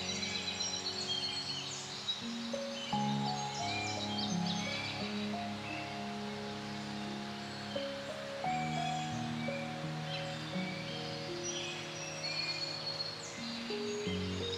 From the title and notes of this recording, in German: Das sanfte Vogelgezwitscher und das beruhigende Rauschen des Windes im Wald. Die authentischen Klänge des Waldes werden mit sanfter Musik verflochten.